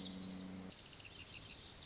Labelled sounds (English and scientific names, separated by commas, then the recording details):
Lazuli Bunting (Passerina amoena)
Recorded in Sonoma County, California